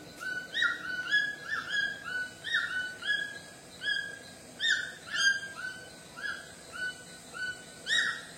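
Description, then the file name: White-throated toucan giving a steady series of yelping, upward-flicked notes, nearly two per second, with faint hiss behind. "canto do tucano grande de papo branco"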